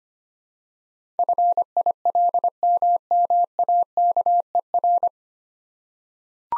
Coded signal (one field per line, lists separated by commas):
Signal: Morse code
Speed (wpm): 25 wpm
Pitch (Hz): 700 Hz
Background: none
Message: FILMMAKER